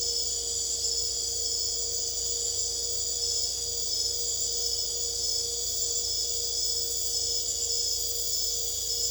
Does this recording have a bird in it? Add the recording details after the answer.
no. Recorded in secondary vegetation near Puerto Asís, Putumayo, Colombia, on 26 December 2024 at 00:30. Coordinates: 0.488, -76.319. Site GP04